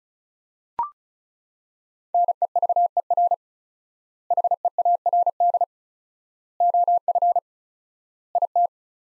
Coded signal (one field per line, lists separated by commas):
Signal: Morse code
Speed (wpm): 34 wpm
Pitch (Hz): 700 Hz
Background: none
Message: NEVER HEARD OF IT